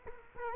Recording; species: mosquito wingbeat signal from an infrared sensor; Culex quinquefasciatus